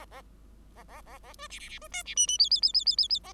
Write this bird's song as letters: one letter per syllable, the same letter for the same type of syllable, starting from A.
A A A A B C C C B D C E E F F F F F F F A